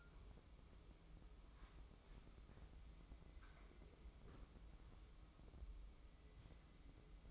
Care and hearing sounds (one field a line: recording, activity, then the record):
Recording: daily activity, microphone in the room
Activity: wipe stove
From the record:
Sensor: 1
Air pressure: 996.1 hPa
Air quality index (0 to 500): 72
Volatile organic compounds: 3 ppm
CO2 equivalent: 1517 ppm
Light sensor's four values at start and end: 28/102/38/39 and 28/101/38/39